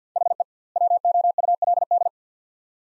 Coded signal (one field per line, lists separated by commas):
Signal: Morse code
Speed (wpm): 50 wpm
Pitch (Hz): 700 Hz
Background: none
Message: HE WOULD